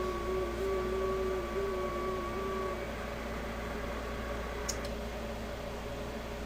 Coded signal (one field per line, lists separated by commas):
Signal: FT8